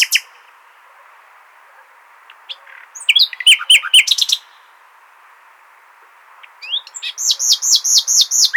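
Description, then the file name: Common nightingale singing: a jumble of crisp, rattling notes, then after a gap a run of arched, whip-like notes repeated quickly. "Luscinia megarhynchos"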